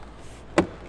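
On a Porsche 991.1 GT3 RS door, a door trim strip is started at the top and its first clip is popped into the door. A single sharp snap is heard at 0.6 seconds over quiet background noise, and the first clip seats.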